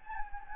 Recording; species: mosquito wingbeat signal from an infrared sensor; Anopheles gambiae